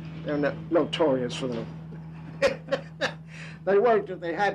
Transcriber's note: laughter